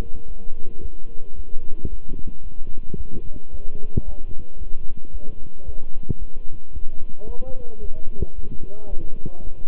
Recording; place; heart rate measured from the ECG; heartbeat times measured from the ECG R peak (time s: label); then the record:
heart sounds by stethoscope; between the tricuspid and mitral areas; 111 bpm
0.26 s: heartbeat
0.80 s: heartbeat
1.34 s: heartbeat
1.88 s: heartbeat
2.41 s: heartbeat
2.95 s: heartbeat
3.49 s: heartbeat
4.03 s: heartbeat
4.57 s: heartbeat
5.10 s: heartbeat
5.63 s: heartbeat
6.17 s: heartbeat
6.71 s: heartbeat
7.25 s: heartbeat
7.79 s: heartbeat
8.33 s: heartbeat
8.88 s: heartbeat
9.41 s: heartbeat
From the record:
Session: walking at 3.7 km/h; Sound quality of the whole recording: good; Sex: male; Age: 26 years